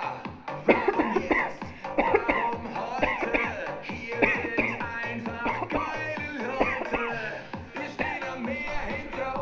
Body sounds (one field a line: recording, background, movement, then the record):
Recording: voluntary coughing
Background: music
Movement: sitting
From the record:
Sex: female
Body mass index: 36.4 kg/m2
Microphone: on the chest, facing outward